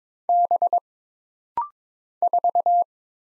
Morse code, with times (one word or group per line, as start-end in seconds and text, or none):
0.3-0.8 B
2.2-2.8 4